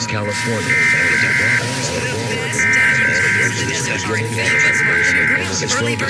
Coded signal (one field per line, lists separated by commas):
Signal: Emergency Alert System (SAME) tones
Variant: header bursts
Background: speech